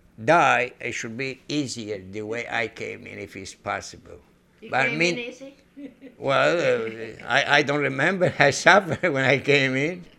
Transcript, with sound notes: die I should be easier the way I came in, if it's possible.
You came in easily? (laughs)
Well, I don't remember something, when I came in.